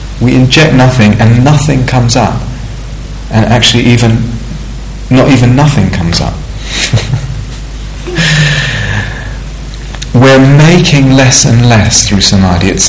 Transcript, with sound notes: We inject nothing, and nothing comes up. And actually, not even nothing comes up. [laughs] We're making less and less through samādhi.